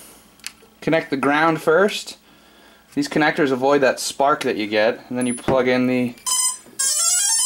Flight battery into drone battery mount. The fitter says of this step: We'll slide that guy in till it clicks.